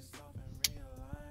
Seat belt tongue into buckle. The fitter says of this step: you hear that click